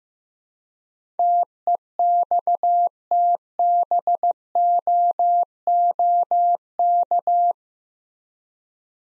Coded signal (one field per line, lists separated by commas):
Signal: Morse code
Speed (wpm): 15 wpm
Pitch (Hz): 700 Hz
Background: none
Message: TEXTBOOK